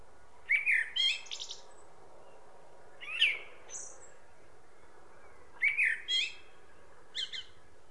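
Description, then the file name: Common blackbird song in several phrases a few seconds apart, each a low fluty warble ending in thin high squeaky twitters, over a faint background hiss. "Turdus merula"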